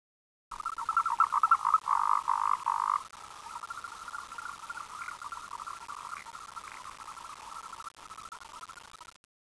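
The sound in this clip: Frog calling with a rapid, rattling trill, louder at first then continuing more softly, with steady background hiss.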